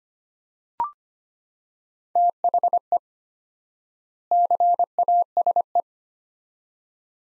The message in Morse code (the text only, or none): THE CASE